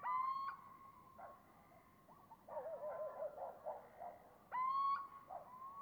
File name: Little Owl Various loud calls of pair interacting with neighbours